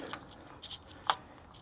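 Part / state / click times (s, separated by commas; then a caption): plastic lug nut cover onto wheel lug nut / seated / 1.1 s. A plastic Rimgard lug nut cover, with its arrow lined up with the lug nut, is pushed onto a wheel lug nut on a Honda. A few faint ticks and light handling sounds lead up to one sharp, bright snap at 1.1 s as the cover seats in place.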